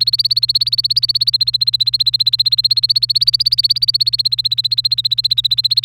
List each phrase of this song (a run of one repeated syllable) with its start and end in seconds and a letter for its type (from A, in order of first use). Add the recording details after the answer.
0.00-5.85 A. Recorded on 1 May 2018 at 06:24. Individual llb3